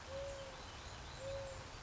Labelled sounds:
Mourning Dove
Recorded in Sonoma County, California

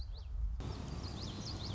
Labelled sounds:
Common Yellowthroat
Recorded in Sonoma County, California

